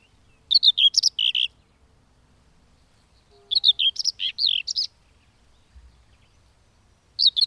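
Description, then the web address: Common whitethroat song: quick, rough, chattering strophes, two complete ones about three seconds apart and a third starting at the close, low faint background rumble. "agykontroll Madardalok Cd 2. Mezei poszáta"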